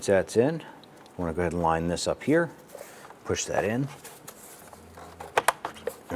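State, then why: Seated. During a left CV axle assembly replacement on a 2007-2012 Nissan Versa, a plastic intake duct or cover in the engine bay is lined up and pushed in by hand toward its mounting points while someone talks. Two sharp snaps at 5.4 s and 5.5 s mark the part seating into place.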